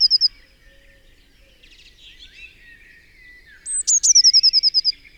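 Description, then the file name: Eurasian blue tit song: the end of one trill, then faint mixed birdsong, then a phrase of high sharp notes followed by a rapid trill of about ten notes. "Cyanistes caeruleus"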